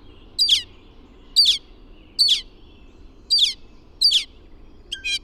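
Bird song: a sharp, sweeping note repeated about once a second, five times, then a short buzzy trill at the very end.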